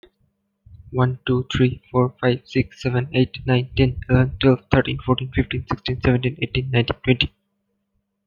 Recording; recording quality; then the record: counting at a fast pace; excellent, no background noise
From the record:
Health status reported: healthy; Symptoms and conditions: none ticked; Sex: male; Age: 18 years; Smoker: not ticked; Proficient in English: yes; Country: India